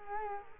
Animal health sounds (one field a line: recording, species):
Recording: mosquito wingbeat signal from an infrared sensor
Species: Culex quinquefasciatus